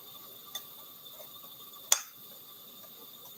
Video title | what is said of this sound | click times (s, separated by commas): Hachette Partworks 1:48 U96 U-Boat packs 4-5 | Okay, there we are. I just heard it pop in. | 1.9 s